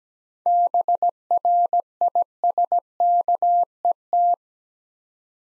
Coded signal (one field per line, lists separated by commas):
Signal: Morse code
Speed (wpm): 17 wpm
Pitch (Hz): 700 Hz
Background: none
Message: BRISKET